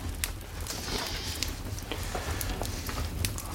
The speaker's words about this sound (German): Das Bild wehrt sich, sehen Sie? Es kämpft gegen die Flammen, die es vernichten wollen.